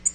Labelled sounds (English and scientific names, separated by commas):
Tennessee Warbler (Leiothlypis peregrina) flight call